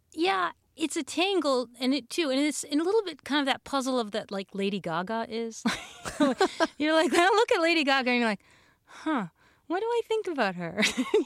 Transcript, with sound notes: It's a tangle. And it, too - and it's - and a little bit kind of that puzzle of that - like Lady Gaga is.
(LAUGHTER)
You know, like, when I look at Lady Gaga - and you're like, huh, what do I think about her?